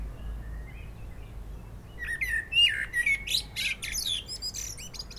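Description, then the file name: Common blackbird song: a quiet lead-in, then low fluted warbled notes around the middle, breaking into a rapid, squeaky high twitter that runs to the end. "Turdus merula"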